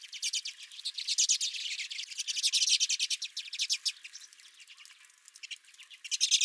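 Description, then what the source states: Redpolls calling as a flock, a dense stream of quick, high, dry chattering notes that swell and fade over several seconds. Several redpolls at the recordist's feeder.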